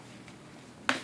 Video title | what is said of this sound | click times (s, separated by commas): Bathroom Transfers | they pull it up in a click back in place and both arms should be movable | 0.9 s